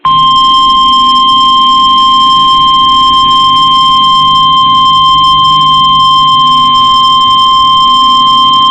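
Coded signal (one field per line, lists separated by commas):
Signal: Emergency Alert System (SAME) tones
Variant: 1050 Hz attention tone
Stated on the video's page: Shelter in place warnings on NOAA Weather Radio, an update alert and an all-clear, issued by state emergency management and relayed by the National Weather Service.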